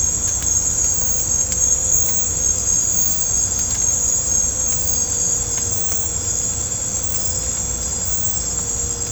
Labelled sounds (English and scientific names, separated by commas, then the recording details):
none
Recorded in pastures near Puerto Asís, Putumayo, Colombia, on 18 December 2024 at 01:00
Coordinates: 0.502, -76.324
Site G077